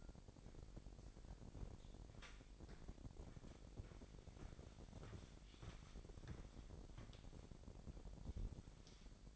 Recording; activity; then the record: daily activity, microphone in the room; walk to room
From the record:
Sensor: 5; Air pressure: 1012.3 hPa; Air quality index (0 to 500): 237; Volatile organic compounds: 4 ppm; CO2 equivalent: 1575 ppm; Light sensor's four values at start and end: 56/132/55/58 and 54/125/53/56